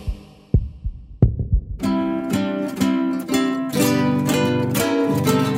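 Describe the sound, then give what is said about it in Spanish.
A few deep, muffled heartbeat thumps pulse in the low end, then bright sustained music swells in and carries on steadily underneath the fading beats. “Latidos de radio.”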